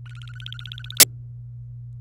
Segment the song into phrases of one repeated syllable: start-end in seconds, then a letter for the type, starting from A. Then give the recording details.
0.06-1.00 A, 2.00-2.00 B. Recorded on 27 April 2018 at 06:26. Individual llb3